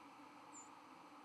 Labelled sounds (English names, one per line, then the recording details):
White-throated Sparrow flight call
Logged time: 01:49 on 12 November 2014